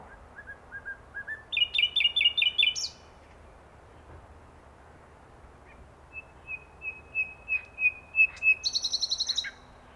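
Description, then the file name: Common nightingale song: soft notes leading into a fast trill, a pause, then a series of clear whistled notes building into a buzzy rattle. "Luscinia megarhynchos"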